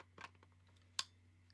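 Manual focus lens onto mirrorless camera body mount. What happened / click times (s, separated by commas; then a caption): The twist-lock mount latched home / 1.0 s. A TTArtisan manual-focus lens is lined up red dot to red dot on a mirrorless camera's RF mount and twisted, with soft scraping and rattling around 0.2 s. At 1.0 s the metal bayonet latch gives one sharp, bright click, the loudest sound in the clip. The lens is seated on the mount, while a steady low hum continues underneath.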